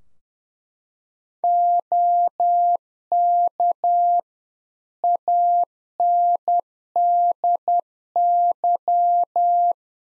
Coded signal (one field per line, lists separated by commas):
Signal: Morse code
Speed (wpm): 10 wpm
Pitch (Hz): 700 Hz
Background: none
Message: OK ANDY